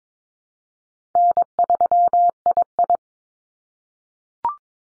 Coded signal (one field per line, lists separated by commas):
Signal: Morse code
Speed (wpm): 22 wpm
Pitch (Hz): 700 Hz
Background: none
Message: N3II